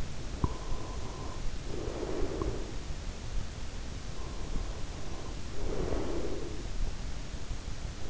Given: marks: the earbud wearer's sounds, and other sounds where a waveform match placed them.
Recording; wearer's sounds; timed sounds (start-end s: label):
sounds in sleep by an in-ear microphone; breath
0.08-2.86 s: breath
4.41-6.74 s: breath